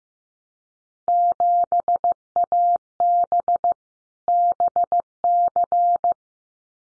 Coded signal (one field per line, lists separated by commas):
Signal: Morse code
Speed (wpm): 15 wpm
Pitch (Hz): 700 Hz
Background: none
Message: 7AB BC